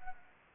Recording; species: mosquito wingbeat signal from an infrared sensor; Anopheles arabiensis